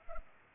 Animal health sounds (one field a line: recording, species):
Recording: mosquito wingbeat signal from an infrared sensor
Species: Culex pipiens